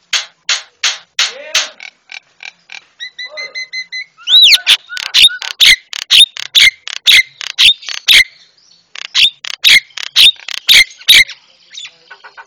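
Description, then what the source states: Javan myna song: rapid rasping notes and a short ringing whistled phrase, then a loud, uneven series of harsh chattering bursts and whistles. Masteran for training cage birds; white-eyed form (mata putih).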